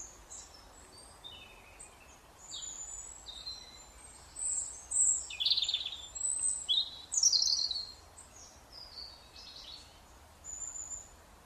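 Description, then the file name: European robin singing a series of high, tinkling, jumbled phrases with sharp downward slurs, louder in the middle, against a steady soft noise floor. "Erithacus rubecula"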